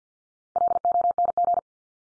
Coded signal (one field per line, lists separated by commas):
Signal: Morse code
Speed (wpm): 50 wpm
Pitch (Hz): 700 Hz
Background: none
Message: LONG